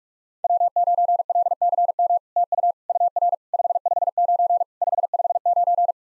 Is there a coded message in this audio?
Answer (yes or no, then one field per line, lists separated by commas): yes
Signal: Morse code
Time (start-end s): 0.4-5.9 s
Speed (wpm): 44 wpm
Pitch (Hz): 690 Hz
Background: none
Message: W9LCM TU UR 559 559